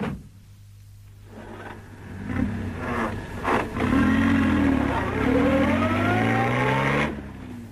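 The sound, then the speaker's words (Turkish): A car engine idles with a low, steady hum, then revs up and pulls away, its pitch climbing smoothly as it accelerates before settling near the end. “Ne kadar rahat bir araba bu.”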